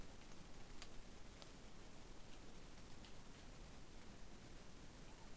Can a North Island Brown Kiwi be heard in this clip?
no